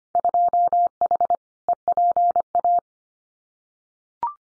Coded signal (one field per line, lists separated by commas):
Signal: Morse code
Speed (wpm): 25 wpm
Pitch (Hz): 700 Hz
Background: none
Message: 2H EPA